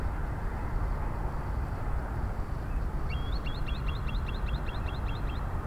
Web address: koe kusashigi